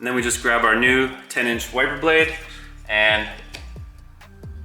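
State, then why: Not seated. Someone talks over background music while picking up a new 10-inch wiper blade to fit onto the windshield wiper arm's axle and slot on a smart 451. Two brief handling knocks are heard at about 3.6 s and 4.2 s. The blade has not yet clicked or seated on the arm.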